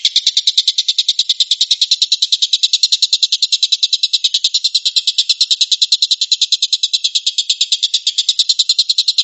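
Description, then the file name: Stork-billed kingfisher delivering a continuous, machine-gun-like series of harsh, high pulses, steady in pitch and loudness. Tembakan, a rapid 'shooting' call. "suara tembakan tengkek buto"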